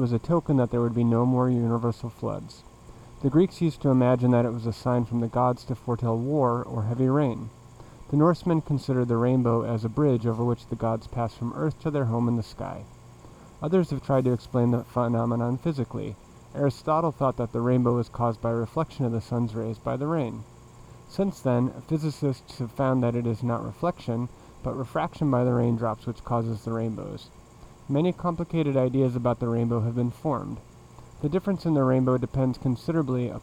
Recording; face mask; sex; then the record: reading aloud; surgical mask; male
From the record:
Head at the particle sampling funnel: facing it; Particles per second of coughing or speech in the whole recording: 0.232